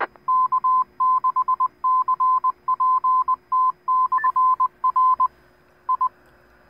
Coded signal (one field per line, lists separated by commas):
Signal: Morse code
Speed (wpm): 20 wpm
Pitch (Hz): 1020 Hz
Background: none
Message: K6CPT/R I